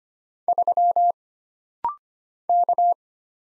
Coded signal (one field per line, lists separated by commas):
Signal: Morse code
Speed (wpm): 25 wpm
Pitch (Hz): 700 Hz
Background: none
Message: 3 K